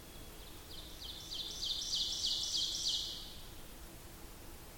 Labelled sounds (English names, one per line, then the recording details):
Ovenbird song
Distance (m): 50 m
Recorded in boreal forest in Alberta, Canada, on 8 June 2016 at 08:36
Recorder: SongMeter 3, array SBT-3-9
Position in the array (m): 166 m, 150 m
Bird 35